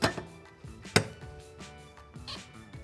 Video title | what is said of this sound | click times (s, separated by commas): How to Install a Delta® Prefab Shower Drain | and we're going to press down firmly until you hear it click in place | 1.0 s